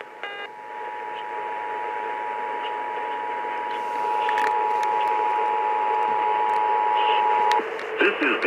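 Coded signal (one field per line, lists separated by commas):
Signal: Emergency Alert System (SAME) tones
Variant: 853 and 960 Hz attention tone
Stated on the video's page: EAS alerts including two Required Monthly Tests, received by DXing on AM 740 KCBS, 680 KNBR and 1530 KFBK.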